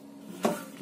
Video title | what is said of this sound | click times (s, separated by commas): #2 VAIOTECH ID Unboxing + Menampilkan Compliance Test PowerBeam M5 | Oke jika sudah kita tekan sampai terkunci | 0.4 s